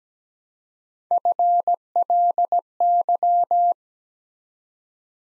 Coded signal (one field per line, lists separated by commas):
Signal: Morse code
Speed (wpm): 17 wpm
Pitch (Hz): 700 Hz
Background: none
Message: FLY